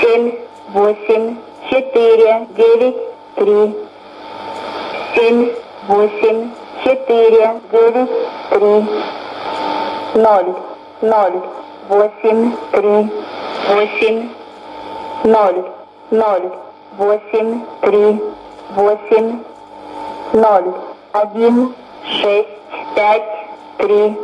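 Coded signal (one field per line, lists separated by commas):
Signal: numbers station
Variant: S06s, Russian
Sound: a voice reading short, evenly spaced spoken words in steady rhythm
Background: radio static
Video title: 07 01 2016 Numbers station S06s in Russian 0944 on 9540 CUSB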